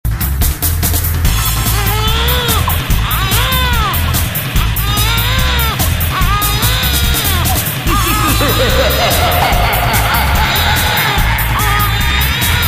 New Baby Cry.